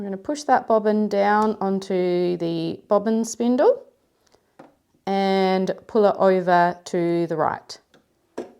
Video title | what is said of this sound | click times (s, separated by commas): How to Operate a Brother XM2701 Sewing Machine | And you'll hear a little click when it does that. | 8.4 s